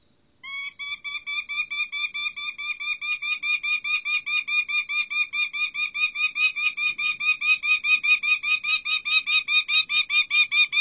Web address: Songs of Birds of North America Stokes. Prairie Falcon